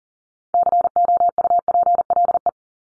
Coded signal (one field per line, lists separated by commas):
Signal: Morse code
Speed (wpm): 40 wpm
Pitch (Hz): 700 Hz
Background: none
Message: COUPLE